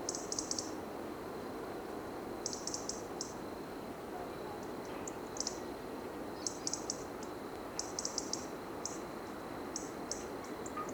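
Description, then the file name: European robin ticking in frequent short clusters of high clicks, varying in length, with faint background noise throughout. "Erithacus rubecula"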